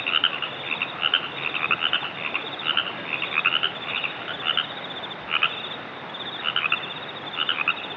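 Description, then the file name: Baja California chorus frog chorus, several frogs giving short raspy pulsed calls in loose bursts. Chorus recorded in San Diego. "phypochondriacasdchorus"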